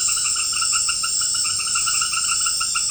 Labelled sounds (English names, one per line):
none